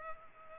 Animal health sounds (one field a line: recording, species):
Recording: mosquito wingbeat signal from an infrared sensor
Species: Culex pipiens